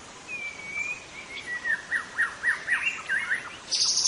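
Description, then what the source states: White-rumped shama song: a long level whistle, then a rhythmic run of slurred notes, ending in a loud high burst. Wild bird in forest; local name murai batu hutan.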